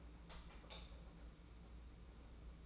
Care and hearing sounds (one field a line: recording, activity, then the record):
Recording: daily activity, microphone in the room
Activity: light on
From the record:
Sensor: 1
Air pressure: 991.9 hPa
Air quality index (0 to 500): 212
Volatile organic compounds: 1000 ppm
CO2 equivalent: 8227 ppm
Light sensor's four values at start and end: 10/22/9/10 and 10/23/9/10